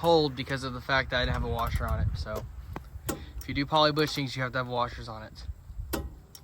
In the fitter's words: so two clicks good to go 55 foot PBS is what we did it at instead of 50 but it's fine so